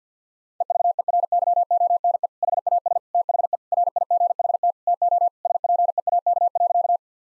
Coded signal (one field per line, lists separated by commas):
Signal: Morse code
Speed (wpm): 50 wpm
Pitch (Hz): 700 Hz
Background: none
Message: EVERYONE HAS THE RIGHT TO SPEAK.